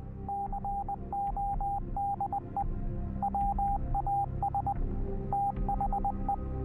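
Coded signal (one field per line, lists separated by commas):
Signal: Morse code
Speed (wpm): 20 wpm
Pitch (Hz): 800 Hz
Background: none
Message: CODE WAS THE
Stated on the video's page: Radio operators' station aboard the SS American Victory, a WWII Merchant Marine museum ship in Tampa, Florida.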